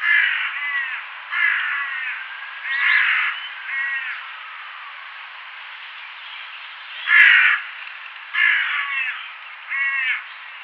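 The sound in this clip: Crow calling in hoarse caws, four in quick succession, a quiet gap of about three seconds, then three more rough caws, with constant hiss beneath.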